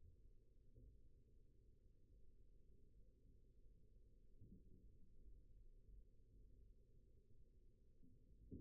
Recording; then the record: forearm muscle sounds (acoustic myography)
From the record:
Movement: rest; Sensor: system 1, eight BSWA MPA416 microphones around the upper forearm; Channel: 1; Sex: male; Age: 20 years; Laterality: left